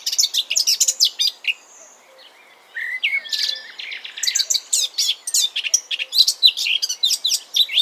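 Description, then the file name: Eurasian blackcap song: fast, scratchy warbling bursts of high varied notes, a quieter gap of about a second, then another long run of rapid varied chattering notes. "Sylvia atricapilla"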